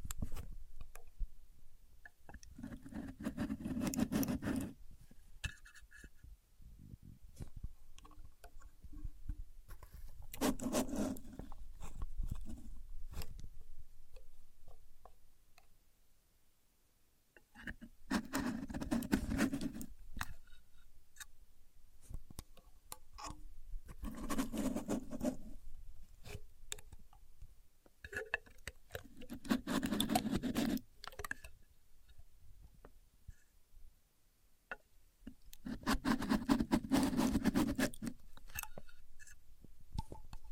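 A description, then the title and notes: A contour gauge is used, with bursts of clattering pins and a soft thud each time it is pressed, roughly every six seconds. Between presses come faint handling clicks and rustles, and no voices. Using A Contour Gauge (No Talking).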